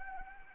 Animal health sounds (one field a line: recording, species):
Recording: mosquito wingbeat signal from an infrared sensor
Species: Anopheles arabiensis